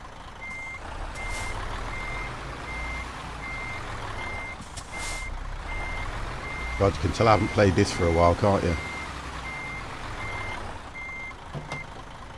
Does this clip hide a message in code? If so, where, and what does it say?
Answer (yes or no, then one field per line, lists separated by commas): no